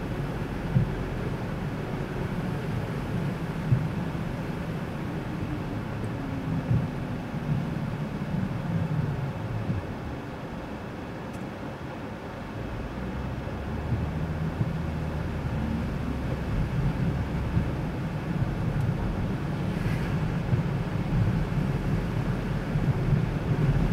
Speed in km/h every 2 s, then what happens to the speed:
45, 42, 36, 27, 20, 0, 16, 20, 27, 37, 40, 45.
0-11 brakes to 0. 11-24 pulls away to 45.